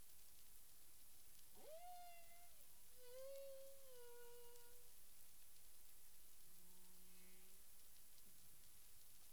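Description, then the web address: Humpback whale moans: a rising sweep into a sustained tone, a descending wavering moan, then lower paired tones later, all with harmonics over constant hiss. Caribbean waters, recorded 9 April 2002 at 18:06 UTC. "CARIMAM. humpback whale 20020409 180653 UTC"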